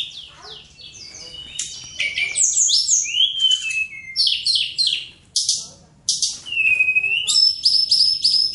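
Bird song, a rich run of high whistles, sweeping slurs and quick chirps, with a long whistle near the end and brief pauses between phrases.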